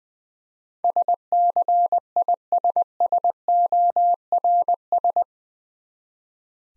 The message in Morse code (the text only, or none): SCISSORS